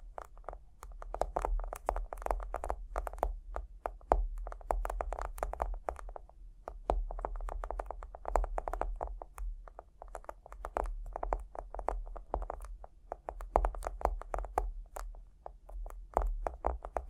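Quick tapping and scratching, busy and irregular, with clusters of sharp clicks and brief rustling strokes nearly throughout. A short pause comes around six seconds before the activity resumes. A steady low hum sits underneath the whole time.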